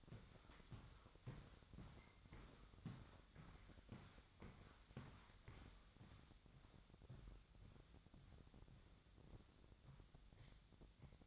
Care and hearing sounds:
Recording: daily activity, microphone in the room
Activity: walk to room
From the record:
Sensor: 3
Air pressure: 999.4 hPa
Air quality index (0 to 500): 196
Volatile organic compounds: 43 ppm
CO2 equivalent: 3195 ppm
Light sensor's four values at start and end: 8/19/8/7 and 9/20/8/8

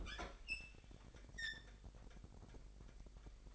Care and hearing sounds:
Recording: daily activity, microphone in the room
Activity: open fridge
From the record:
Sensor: 5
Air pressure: 1002.0 hPa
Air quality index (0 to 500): 209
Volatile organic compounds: 21 ppm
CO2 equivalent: 2723 ppm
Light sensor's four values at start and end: 10/23/9/10 and 11/25/10/12

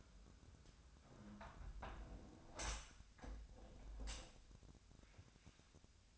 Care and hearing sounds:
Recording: daily activity, microphone in the room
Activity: close window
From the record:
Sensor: 2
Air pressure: 1006.5 hPa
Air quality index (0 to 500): 204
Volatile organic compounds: 15 ppm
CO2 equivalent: 2498 ppm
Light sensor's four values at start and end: 9/21/9/9 and 9/21/9/9

